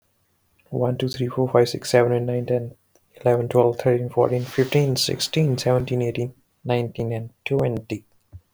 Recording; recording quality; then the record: counting at a fast pace; moderate, slight background noise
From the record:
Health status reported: healthy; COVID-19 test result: negative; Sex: male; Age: 29 years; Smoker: no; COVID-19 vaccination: both doses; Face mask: not worn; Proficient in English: yes